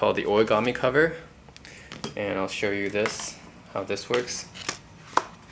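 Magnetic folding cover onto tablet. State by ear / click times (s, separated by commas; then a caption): seated / 5.2 s. Someone talks while fitting a magnetic origami folding cover onto a tablet, with a few soft handling taps along the way. At 5.2 s the cover snaps on magnetically with a single sharp clack and locks into place.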